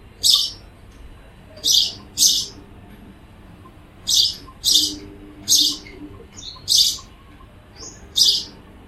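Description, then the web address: Bird calls: harsh, scratchy high chirps repeated at irregular intervals, some in pairs, with faint low droning behind. "cianscape birddata Deverinetal 2025 Bird Only Pa Do"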